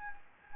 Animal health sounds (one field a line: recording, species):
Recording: mosquito wingbeat signal from an infrared sensor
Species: Anopheles gambiae